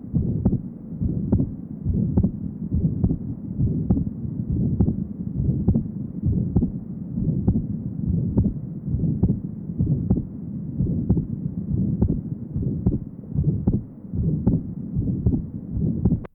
Atrial septal defect. Recording taken at pulmonary area. Wide fixed splitting of the second heart sound.